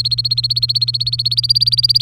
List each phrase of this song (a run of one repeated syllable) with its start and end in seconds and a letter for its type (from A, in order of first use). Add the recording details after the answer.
0.00-2.02 A. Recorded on 3 May 2018 at 10:24. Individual llb3